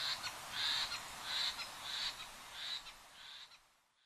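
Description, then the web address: Eurasian jay giving harsh, rasping screeches, about six noisy bursts in quick succession over three and a half seconds, then fading to quiet. Recorded in Fukuoka on 17 March 2006. "koe kakesu 060317 fukuoka kuroda"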